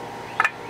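An oil filter is turned counterclockwise on its housing on the car engine mount, after a failed try, until it clicks into position. A sharp click sounds at 0.4 s, followed closely by a second, softer snap. The filter is seated.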